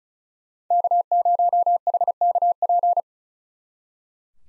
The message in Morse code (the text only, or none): K0HKP